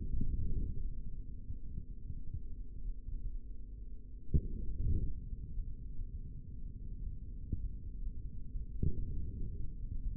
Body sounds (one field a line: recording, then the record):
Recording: forearm muscle sounds (acoustic myography)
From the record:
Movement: forearm pronation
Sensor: system 3, bracelet of six PUI Audio POM-2738L microphones around the upper forearm, with dedicated amplification and filtering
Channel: 4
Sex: male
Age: 25 years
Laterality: right